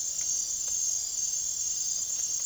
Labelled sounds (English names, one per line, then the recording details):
none
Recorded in secondary vegetation near Puerto Asís, Putumayo, Colombia, on 22 June 2025 at 00:30
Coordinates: 0.489, -76.322
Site G021